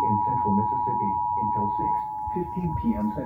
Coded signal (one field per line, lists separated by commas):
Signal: Emergency Alert System (SAME) tones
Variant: 853 and 960 Hz attention tone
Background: speech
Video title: (EAS #16-17) Severe thunderstorm warning (fm radio and TV) 9/1/2021